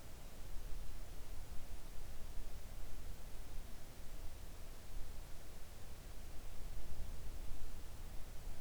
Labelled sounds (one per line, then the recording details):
near silence
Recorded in the Arctic National Wildlife Refuge, Alaska, on 3 August 2019 at 05:40
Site 41